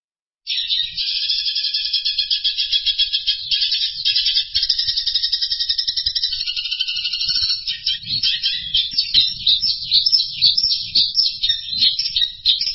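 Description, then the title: Bird song: a continuous high, rapid trilling chatter that runs almost without a break, with faint low rumbling toward the end. "burung"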